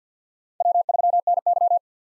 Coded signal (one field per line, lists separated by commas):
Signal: Morse code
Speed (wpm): 50 wpm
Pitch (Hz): 700 Hz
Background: none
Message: W3NY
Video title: 2023 POTA Activator Call Signs - 50wpm